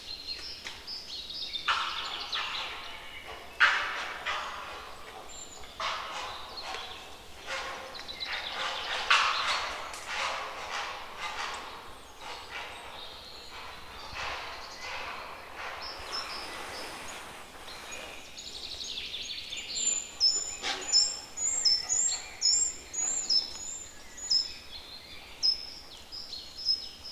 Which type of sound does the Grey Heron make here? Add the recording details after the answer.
call. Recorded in the wild. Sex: diverse. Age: diverse. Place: Zielow, Müritz, Mecklenburg-Vorpommern, DE. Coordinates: 53.3631, 12.6906. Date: 1998-04-07. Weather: wolkig, 12°C. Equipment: Sony TCD-D3, Telinga Pro 5 (ohne Reflektor). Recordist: Frommolt, Karl-Heinz